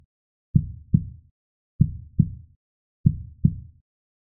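Clean, low lub-dub pairs repeat steadily at about 48 beats a minute, each pair a firm thump followed by a slightly softer one, with silence between beats. A normal, regular heartbeat; sound effect.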